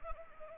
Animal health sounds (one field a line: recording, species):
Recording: mosquito wingbeat signal from an infrared sensor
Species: Anopheles arabiensis